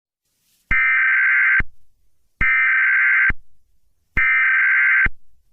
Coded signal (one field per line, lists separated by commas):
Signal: Emergency Alert System (SAME) tones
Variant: header bursts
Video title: Nickbrian (A tiktok eas scenario)